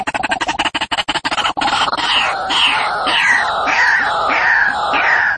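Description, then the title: White-breasted waterhen calls: a burst of rapid harsh clicks, then loud nasal croaking notes repeated about twice a second. Lure for attracting the birds. "Pikat Ruak Ruak"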